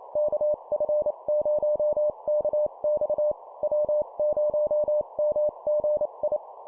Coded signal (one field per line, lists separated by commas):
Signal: Morse code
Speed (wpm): 28 wpm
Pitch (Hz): 600 Hz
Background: none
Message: KF0KX W0MGI